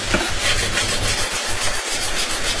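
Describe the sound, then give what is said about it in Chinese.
A flat chisel (flat spade) scrapes steadily across a carved brick surface in Beijing brick carving, levelling and smoothing a large face to a fine finish, giving a continuous gritty rasp with faint rhythmic strokes and two brief pauses, with no talking. “这个是平铲，就是一般出面的时候，大面的时候整平，就是光洁度比较强的时候用它。”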